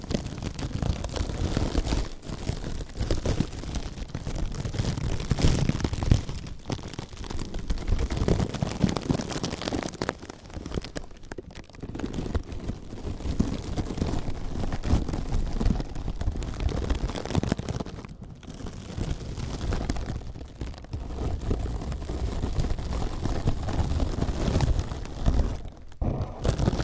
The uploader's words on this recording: ASMR Slow & Gentle Crinkle Triggers. (No Talking).